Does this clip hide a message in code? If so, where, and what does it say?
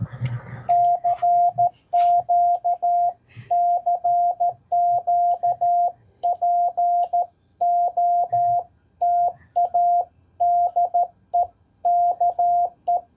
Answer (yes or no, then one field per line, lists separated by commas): yes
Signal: Morse code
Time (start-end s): 0.7-13.0 s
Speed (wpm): 13 wpm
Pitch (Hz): 700 Hz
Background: none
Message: CQ CQ POTA DE KE